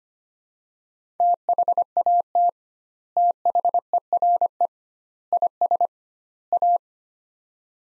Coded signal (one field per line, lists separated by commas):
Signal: Morse code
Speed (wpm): 25 wpm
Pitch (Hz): 700 Hz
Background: none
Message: THAT THERE IS A